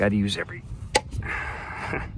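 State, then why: Seated. Someone talks while pushing the second stiff spring clip on the air filter housing lid of a 2015 Honda Civic engine home, a clip that takes a lot of strength to snap into place. A sharp, loud snap rings out at 1.0 s as the clip seats and the housing lid is clipped shut.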